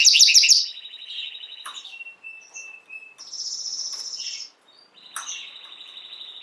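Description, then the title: Canary giving a short trill, then soft thin whistles and a buzzy high note among sharp clicks and quiet gaps. Male Belgian canary singing a lot, used to warm up young birds. "Esquente Seu Filhote E Canario Belga Macho Cantando Muito"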